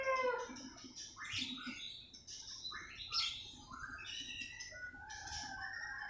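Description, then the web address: Oriental magpie-robin song, a busy run of varied whistled and chattering phrases that sweep up and down, over steady background noise. Kacer audio used as a lure to prompt a bird that has stopped singing, and as a master training song for kacer birds. "kacer pancingan macet bunyi. masteran kacer"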